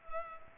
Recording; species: mosquito wingbeat signal from an infrared sensor; Culex pipiens